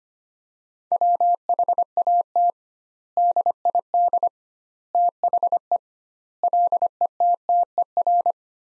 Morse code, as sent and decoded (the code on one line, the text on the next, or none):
.-- .... .- - / -.. .. -.. / - .... . / .-.. . - - . .-.
WHAT DID THE LETTER